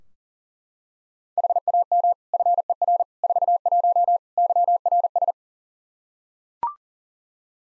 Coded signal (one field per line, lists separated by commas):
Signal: Morse code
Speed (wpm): 40 wpm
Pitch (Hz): 700 Hz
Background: none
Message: HAM FER 41 YRS